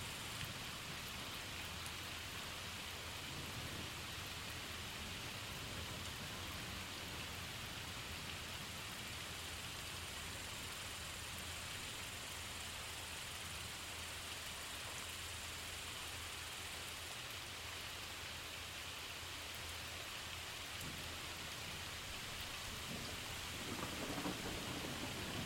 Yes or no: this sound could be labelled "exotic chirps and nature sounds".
no